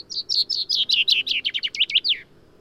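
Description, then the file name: Common chaffinch song, a lively series of many bright notes ending in a short downslurred flourish. "Fringilla coelebs"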